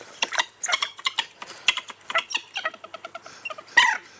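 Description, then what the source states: Moorhens calling aggressively, a rapid series of harsh clicking, chattering notes in irregular bursts, ending with a louder sharp squawk. Two males still fighting on a farmyard duck pond at Christmas 2016, hissing; not reconciled.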